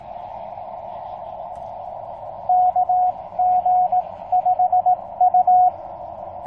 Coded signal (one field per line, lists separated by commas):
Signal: Morse code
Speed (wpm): 18 wpm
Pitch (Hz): 730 Hz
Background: radio noise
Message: KG5U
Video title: South Park POTA Rove: Morning Day 2